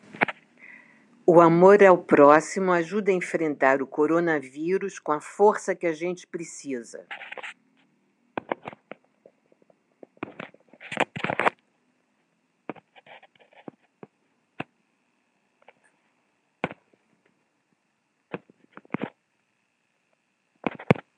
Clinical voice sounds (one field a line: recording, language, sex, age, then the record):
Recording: spoken sentence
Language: Brazilian Portuguese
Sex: female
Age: 70 to 79 years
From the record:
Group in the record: control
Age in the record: 73 years